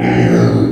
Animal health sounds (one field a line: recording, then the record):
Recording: squeal of a Yucatan mini pig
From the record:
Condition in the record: before surgery on the right vocal fold (resection and tissue-engineered implant)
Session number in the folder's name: 3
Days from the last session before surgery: 0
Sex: female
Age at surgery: 19 weeks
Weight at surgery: 25 kg